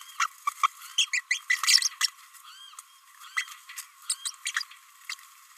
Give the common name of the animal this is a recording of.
Green-rumped Parrotlet